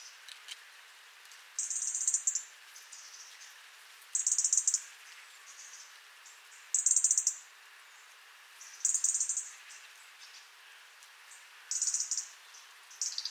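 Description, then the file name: European robin call: short high-pitched bursts of rapid ticking notes, repeated every two to three seconds. "Erithacus rubecula"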